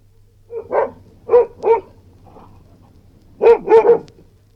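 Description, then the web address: Airedale terrier barking: a few gruff barks, a pause, then three quick barks in a row, over a low hum. "BBC Historical. airedale barking"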